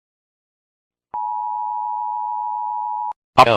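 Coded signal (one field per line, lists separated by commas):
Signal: Emergency Alert System (SAME) tones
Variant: 853 and 960 Hz attention tone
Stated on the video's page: Parody containing possibly valid EAS tones.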